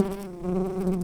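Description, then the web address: Common carder bee buzzing, a loud steady low drone with a stack of even harmonics, wavering slightly in strength. Workers. "Pascuorum workers"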